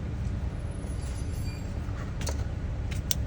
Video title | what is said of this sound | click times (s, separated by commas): 2017-2022 Kia Sportage Headlight Assembly Replacement | right, I'm gonna go ahead and plug it back up. Should hear a click. | 3.1 s